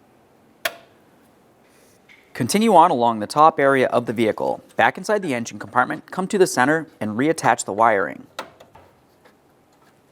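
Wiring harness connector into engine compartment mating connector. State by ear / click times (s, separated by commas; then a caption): not seated / none. During a radiator replacement on a 2010-2013 Ford Transit Connect, a wiring harness connector is handled for reattachment to its mating connector at the center of the engine compartment while someone talks. A single sharp tick sounds at about 0.7 s, followed by a faint tap near 8.6 s. Nothing has seated or clicked into place yet.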